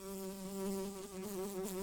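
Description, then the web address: Brown-banded carder bee buzzing, a steady low drone with a rich harmonic hum that wavers slightly in pitch. Workers. "Humilis workers"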